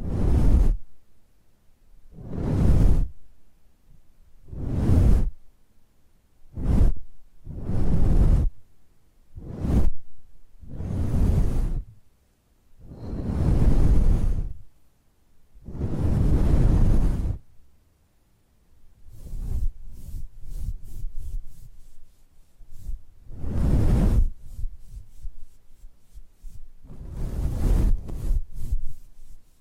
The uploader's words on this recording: Face Brushing.